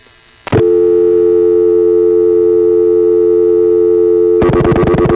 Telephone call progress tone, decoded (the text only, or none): dial tone